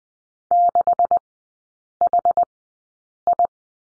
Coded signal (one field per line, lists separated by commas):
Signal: Morse code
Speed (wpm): 20 wpm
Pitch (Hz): 700 Hz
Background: none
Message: 6HI